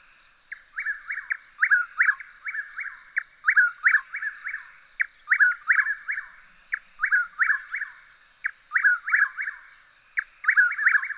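Bird chattering in rapid groups of short chirps that repeat every second or so, over a constant high-pitched buzzing drone.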